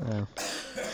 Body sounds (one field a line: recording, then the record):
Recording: coughing mixed with background sound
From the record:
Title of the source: Wet Throat Infection Cough